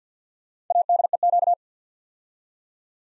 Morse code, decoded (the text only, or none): ADEQ